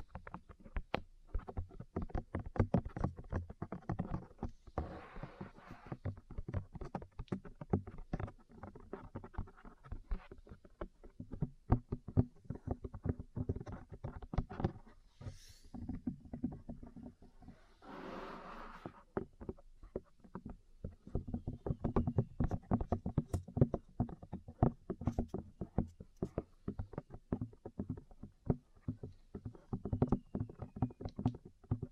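Ear cleaning and tapping: dense, rapid clicks and soft thuds throughout, with brief brighter rustling swishes near five, fifteen and eighteen seconds.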